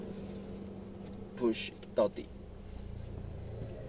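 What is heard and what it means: An aftermarket 992 GT3-style PDK gear shifter, for a 982/981/991 Porsche, is test-fitted by being pushed down onto its shifter base over a steady low hum, with brief rubbing and knocking handling sounds around 1.5 s and 2.0 s while someone talks. Nothing has seated yet; the clip ends just before the shifter goes fully home.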